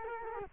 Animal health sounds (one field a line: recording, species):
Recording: mosquito wingbeat signal from an infrared sensor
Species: Culex quinquefasciatus